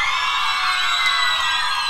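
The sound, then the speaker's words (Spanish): A crowd at a live cumbia concert in Rawson shouts and cheers in a steady, loud wall of high-pitched voices, many screams blending together without letup for the whole two seconds. “Esta noche, el grito de todos los cumbieros y las cumbieras piolas, que esta noche está en vivo, se graba.”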